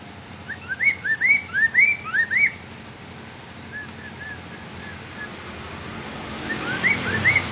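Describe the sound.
Bird song: a lively burst of rising whistles and high chirps for two seconds, then faint soft notes as a broad rushing noise grows louder.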